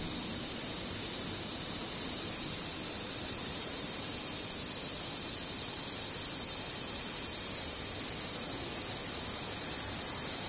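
Cicadas drone without a break for the whole ten seconds, a dense, bright hiss sitting high up with a fine, rapid pulsing running through it. The level stays even throughout, over a soft, rougher rumble of low noise underneath.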